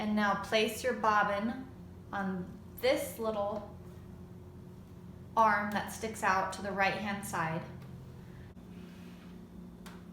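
A bobbin is placed on the sewing machine's bobbin-winder spindle and lined up while someone talks, with a faint short sound near the end at 9.9 s. Nothing has clicked yet; the winder assembly has not been pushed over to engage.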